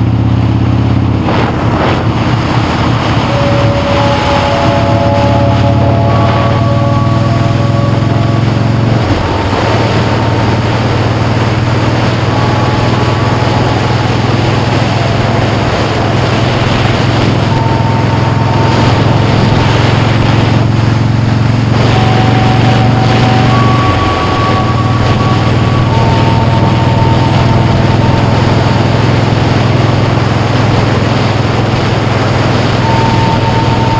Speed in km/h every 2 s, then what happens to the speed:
47, 47, 48, 61, 64, 71, 74, 74, 72, 76, 82, 79, 81, 82, 87, 82, 79.
4-12 speeds up to 74. 12-17 steady at about 74. 17-20 speeds up to 82. 20-25 steady at about 81. 25-28 speeds up to 87. 28-31 slows to 79.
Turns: none.